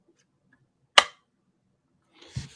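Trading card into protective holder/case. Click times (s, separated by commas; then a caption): 1.0 s. A trading card is locked into its protective holder or case, giving one sharp, loud click at 1.0 s that rings briefly across a wide range of frequencies. A softer, duller knock and rustle follows around 2.4 s. The card is seated and locked in the holder.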